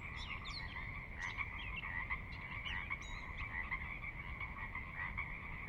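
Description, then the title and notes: Pacific Chorus Frogs in full chorus, repeated croaks overlapping continuously, some sharper higher notes above, with low-pitched water sound throughout. Recorded at midnight on the valley floor of Sinlahekin Valley, Sinlahekin Wildlife Area, Washington, near the Cascades; distant water spillage in background; unprocessed raw recording. "Sinlahekin Valley midnight. the ever-present Pacific Chorus Frogs that are a fixture of the Northwest Soundscape"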